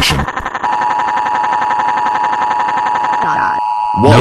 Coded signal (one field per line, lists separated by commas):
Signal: Emergency Alert System (SAME) tones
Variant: 853 and 960 Hz attention tone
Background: speech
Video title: jojo make emergency alert systems anoucement and get grounded